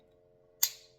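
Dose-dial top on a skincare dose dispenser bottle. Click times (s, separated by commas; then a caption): 0.6 s. The dose-dial top of a plastic daily-dose skincare dispenser bottle is twisted to set and dispense a measured amount. After a steady low background hum, a single sharp, loud click sounds at 0.6 s and quickly fades. The dial has clicked into place at the set dose.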